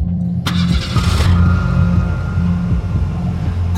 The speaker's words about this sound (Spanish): Arrancas el coche, que inicia un soliloquio eterno y abrumador.